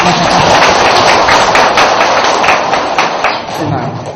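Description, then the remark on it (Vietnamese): A crowd at a Buddhist dharma talk bursts into sustained applause, dense rapid clapping at a steady loud level that tapers slightly toward the end, with no voices over it. “Sao không cho dàn pháo tay?”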